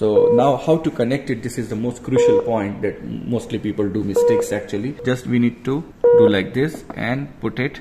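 Someone talks while handling the paddle/pads therapy cable connector and bringing it to the defibrillator socket, with a few short tonal beeps heard over the speech. Nothing has seated or clicked yet; the connector is not yet home in the socket when the clip ends.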